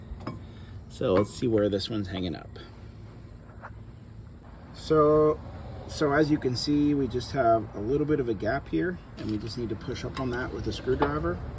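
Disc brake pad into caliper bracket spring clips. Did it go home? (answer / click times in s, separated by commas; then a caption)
no / none. A disc brake pad on a 2017-and-up Ford F250/F350 Super Duty is checked where it hangs up against the caliper bracket spring clips, showing a small gap at the clip before it is pushed home with a screwdriver and hammer. Someone talks over faint handling noises, with a brief sharp sound near 0.3 s. Nothing has seated or clicked yet.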